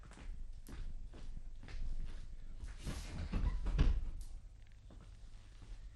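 A few shuffling footsteps, then a door swings shut with a dull, low thump, followed by soft movement and quiet handling noises.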